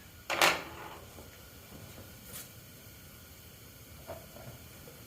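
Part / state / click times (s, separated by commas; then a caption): twist-lock part on a tail light assembly / released / 0.4 s. A twist-lock part on a Jeep Wrangler JK tail light assembly is twisted so it cams out of its mount while swapping to the new tail light. One sharp hit at 0.4 s marks the part releasing, followed by a few faint handling sounds. The part comes out, and the release is confirmed.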